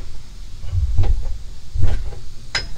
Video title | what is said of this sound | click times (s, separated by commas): How to Replace CV Axle / Drive Shaft on Honda Ridgeline - Front Right & Left (Complete Guide) | there it goes you heard that click that's what you want to hear | 2.5 s